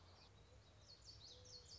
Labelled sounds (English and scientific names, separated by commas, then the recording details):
Common Yellowthroat (Geothlypis trichas)
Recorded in Sonoma County, California